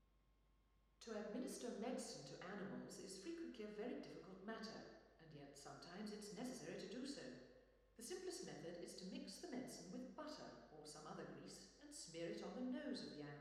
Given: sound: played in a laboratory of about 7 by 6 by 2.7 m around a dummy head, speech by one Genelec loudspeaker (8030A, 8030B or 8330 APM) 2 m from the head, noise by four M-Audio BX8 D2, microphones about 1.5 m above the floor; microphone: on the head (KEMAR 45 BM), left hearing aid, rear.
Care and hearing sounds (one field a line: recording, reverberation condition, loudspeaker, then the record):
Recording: female speech in English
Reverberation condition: high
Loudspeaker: 90 degrees to the left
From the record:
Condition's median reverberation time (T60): about 1300 ms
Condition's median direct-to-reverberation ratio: about -4.0 dB